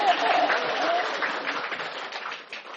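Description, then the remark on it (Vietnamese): An audience at a dharma talk breaks into steady applause, a dense, even wash of many hands clapping at once that holds for a few seconds and thins slightly toward the end. “Hay vậy ta, giỏi cho tràng pháo tay vậy.”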